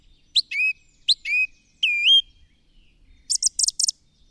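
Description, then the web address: Bird giving three whistled notes that each swing upward and hold, followed by a quick burst of high notes. "madarak enek"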